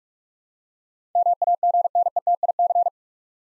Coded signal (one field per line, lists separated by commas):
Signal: Morse code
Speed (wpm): 47 wpm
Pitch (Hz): 700 Hz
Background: none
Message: MAGNETIC